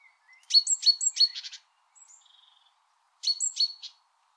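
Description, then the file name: Great tit calls: a few soft thin notes, then a quick run of sharp high chirps, a soft buzzy pause, and another burst of chirps. "Parus major"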